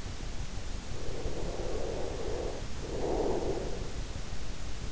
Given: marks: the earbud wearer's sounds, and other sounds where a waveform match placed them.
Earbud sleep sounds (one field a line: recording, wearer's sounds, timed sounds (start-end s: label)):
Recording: sounds in sleep by an in-ear microphone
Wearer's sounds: breath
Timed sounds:
1.08-3.86 s: breath